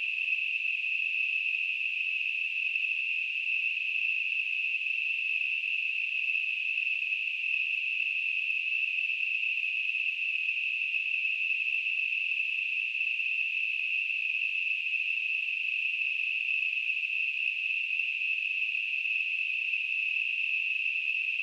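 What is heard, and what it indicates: Simulated tinnitus: a continuous, steady, high-pitched, cricket-like tone that holds unchanged throughout.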